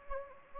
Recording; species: mosquito wingbeat signal from an infrared sensor; Anopheles gambiae